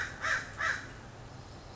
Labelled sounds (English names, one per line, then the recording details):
American Crow
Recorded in Sonoma County, California